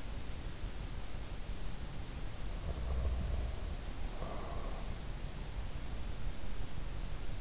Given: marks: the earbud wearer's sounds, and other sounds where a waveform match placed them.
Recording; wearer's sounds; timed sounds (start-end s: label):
sounds in sleep by an in-ear microphone; breath
2.57-4.91 s: breath